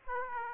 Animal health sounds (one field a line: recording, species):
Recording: mosquito wingbeat signal from an infrared sensor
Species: Aedes aegypti